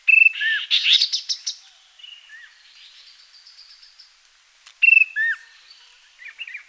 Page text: Chestnut-Capped Babbler Calls. Quick Sounds